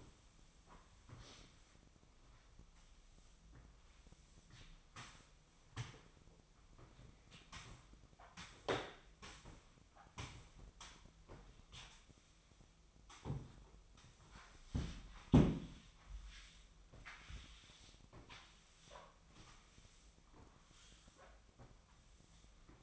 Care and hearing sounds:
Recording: daily activity, microphone in the room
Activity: sweep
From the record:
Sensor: 1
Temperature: 24.0 degrees Celsius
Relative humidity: 35.2%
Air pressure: 1004.7 hPa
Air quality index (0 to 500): 97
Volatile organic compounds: 3 ppm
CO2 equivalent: 1324 ppm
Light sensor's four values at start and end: 9/22/8/9 and 9/21/8/9

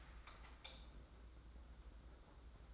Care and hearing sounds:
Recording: daily activity, microphone in the room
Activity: light on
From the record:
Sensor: 3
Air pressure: 991.9 hPa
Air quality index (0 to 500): 222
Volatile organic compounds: 1000 ppm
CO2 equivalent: 7635 ppm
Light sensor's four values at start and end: 16/39/15/14 and 16/39/15/14

